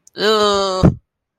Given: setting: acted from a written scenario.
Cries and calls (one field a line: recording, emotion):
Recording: vocal sound without words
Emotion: disgust